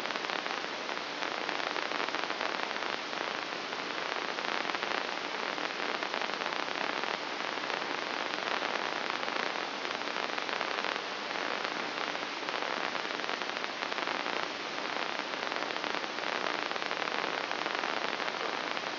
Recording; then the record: brain microelectrode recording played as sound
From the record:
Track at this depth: inside the subthalamic nucleus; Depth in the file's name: 4.863 mm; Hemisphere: left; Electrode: 3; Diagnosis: Parkinson's disease